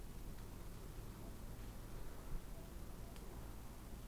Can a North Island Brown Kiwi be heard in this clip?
no